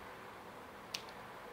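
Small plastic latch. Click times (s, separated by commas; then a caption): 0.9 s. The plastic shield piece of a LEGO toy brick net launcher is pulled back until it clicks and locks in the cocked position. A single short, sharp click at 0.9 s stands out over steady low background noise, with a fainter tick just after. The shield is seated and locked, and the launcher now works.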